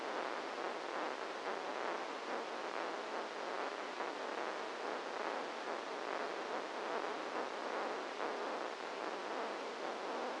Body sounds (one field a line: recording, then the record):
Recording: brain microelectrode recording played as sound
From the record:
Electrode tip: outside the subthalamic nucleus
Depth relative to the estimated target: 1 mm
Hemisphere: left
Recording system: NeuroSet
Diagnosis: Parkinson's disease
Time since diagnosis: 8 years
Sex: male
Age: 58 years